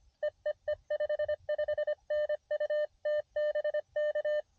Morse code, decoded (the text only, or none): EEE 55N UT BK